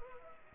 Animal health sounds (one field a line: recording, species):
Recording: mosquito wingbeat signal from an infrared sensor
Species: Culex pipiens